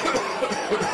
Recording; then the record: coughing mixed with background sound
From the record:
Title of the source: Dry Coughing Fit in the Afternoon.